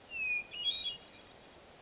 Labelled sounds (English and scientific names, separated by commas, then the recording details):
Hermit Thrush (Catharus guttatus)
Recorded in Sonoma County, California